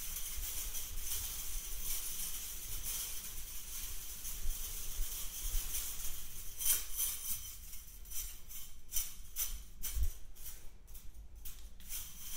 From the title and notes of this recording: Nick found a metal toy and played with it in front of the camera, these are the sounds that he came up with.